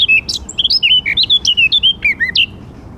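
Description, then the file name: Eurasian blackcap song, a loud phrase of mellow fluted whistles, each note bending up or down, lasting about two and a half seconds before stopping. "Sylvia atricapilla"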